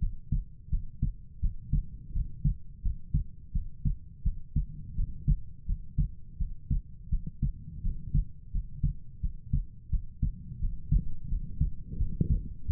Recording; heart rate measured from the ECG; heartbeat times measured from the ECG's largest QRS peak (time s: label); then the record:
heart sounds by stethoscope; 85 bpm
0.69 s: heartbeat
1.40 s: heartbeat
2.12 s: heartbeat
2.81 s: heartbeat
3.52 s: heartbeat
4.22 s: heartbeat
4.94 s: heartbeat
5.65 s: heartbeat
6.37 s: heartbeat
7.09 s: heartbeat
7.81 s: heartbeat
8.51 s: heartbeat
9.20 s: heartbeat
9.89 s: heartbeat
10.59 s: heartbeat
11.28 s: heartbeat
11.97 s: heartbeat
12.66 s: heartbeat
From the record:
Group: healthy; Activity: cold pressor test 0-4 s, rest 4-13 s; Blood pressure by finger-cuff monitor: 68/49 mmHg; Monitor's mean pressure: 57 mmHg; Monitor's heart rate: 85 bpm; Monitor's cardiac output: 6.4 L/min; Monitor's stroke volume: 76 mL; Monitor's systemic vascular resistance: 600 dyn s/cm5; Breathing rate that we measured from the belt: 21 breaths a minute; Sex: female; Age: 19 years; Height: 163 cm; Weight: 48.9 kg